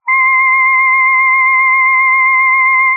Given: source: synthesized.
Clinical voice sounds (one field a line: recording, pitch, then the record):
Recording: sustained vowel /a/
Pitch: note C6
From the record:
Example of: jitter, setting 2